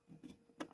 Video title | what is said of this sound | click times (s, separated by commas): Tour de mon élevage de fourmis 🐜 | ça se déboîte très facilement. | 0.6 s, 0.7 s